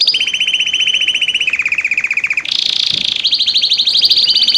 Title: Esquente seu Filhote e Canrio Belga em 30 Minutos - Macho Cantando muito